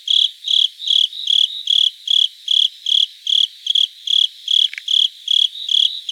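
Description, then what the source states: Japanese burrowing cricket chirping in a steady series of bright, short pulses, roughly two and a half each second, with a brief soft sweep near the end. Recorded 26 September 2018.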